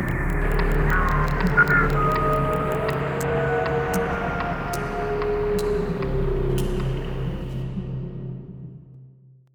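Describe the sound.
Whale calls: drawn-out tonal moans that slowly shift in pitch, with sharp clicks, over a low rumble that fades out at the end.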